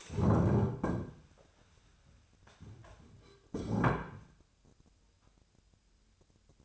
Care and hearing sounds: daily activity, microphone in the room; stand up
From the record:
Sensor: 2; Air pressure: 1015.1 hPa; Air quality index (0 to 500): 166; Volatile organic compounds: 9 ppm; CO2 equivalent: 2163 ppm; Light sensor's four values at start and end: 12/33/13/14 and 12/33/13/14

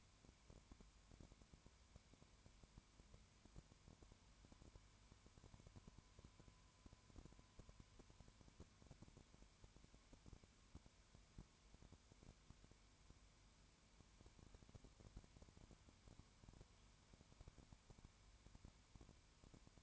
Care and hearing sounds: daily activity, microphone in the room; no activity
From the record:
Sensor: 2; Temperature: 19.9 degrees Celsius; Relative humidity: 32.2%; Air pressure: 1001.1 hPa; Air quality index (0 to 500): 54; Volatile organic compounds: 1 ppm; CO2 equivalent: 601 ppm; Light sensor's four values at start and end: 2/3/2/2 and 2/3/2/2

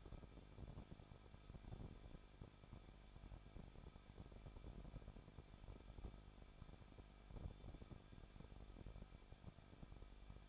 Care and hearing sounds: daily activity, microphone in the room; no activity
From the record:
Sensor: 5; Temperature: 20.8 degrees Celsius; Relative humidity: 38.3%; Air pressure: 1006.4 hPa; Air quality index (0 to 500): 189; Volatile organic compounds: 19 ppm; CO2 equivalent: 2654 ppm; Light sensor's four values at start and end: 2/3/1/1 and 2/3/1/1

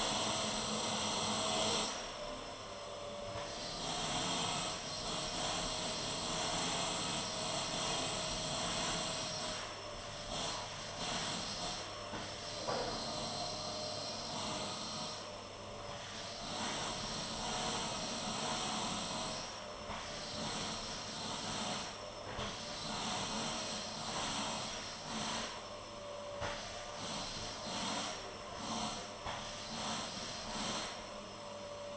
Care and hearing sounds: daily activity, microphone in the room; vacuum cleaning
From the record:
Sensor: 4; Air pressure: 1011.1 hPa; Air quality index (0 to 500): 150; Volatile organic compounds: 3 ppm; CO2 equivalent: 1532 ppm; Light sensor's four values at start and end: 90/240/100/105 and 87/232/97/101

